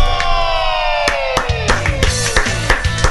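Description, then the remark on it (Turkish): Thin, scattered applause: a handful of hands clapping in a loose, steady rhythm, about three claps a second, over a sustained, gradually falling musical tone. “Bu cılız alkışlarla mı kendiniz karşıladınız?”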